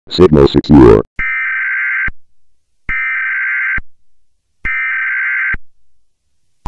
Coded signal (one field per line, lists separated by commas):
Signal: Emergency Alert System (SAME) tones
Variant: header bursts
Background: speech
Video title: Channel 49: "Disease Warning" (read description)